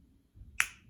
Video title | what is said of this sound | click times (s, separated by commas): Transfer/Backup content from your mobile device without a PC. YSeaWolf iOS, Type C, Android, PC USB | Bam, I think you heard that click. | 0.6 s